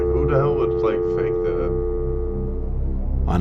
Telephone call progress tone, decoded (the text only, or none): dial tone